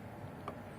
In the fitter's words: and it locked into place.